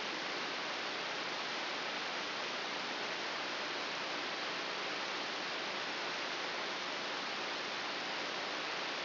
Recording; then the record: brain microelectrode recording played as sound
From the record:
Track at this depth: inside the subthalamic nucleus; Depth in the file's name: 3.801 mm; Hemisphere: right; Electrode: 3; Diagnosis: Parkinson's disease